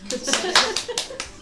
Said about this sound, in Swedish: Då var det ju ett lyckat bus då. Ja. Mm. Lyckat bus, applåd.